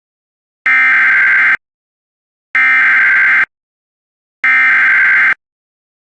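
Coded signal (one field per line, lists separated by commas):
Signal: Emergency Alert System (SAME) tones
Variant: header bursts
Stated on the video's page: Recreation of a flash flood emergency alert, not a live broadcast.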